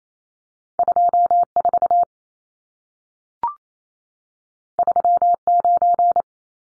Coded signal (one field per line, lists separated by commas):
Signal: Morse code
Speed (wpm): 28 wpm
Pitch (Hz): 700 Hz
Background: none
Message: 24 39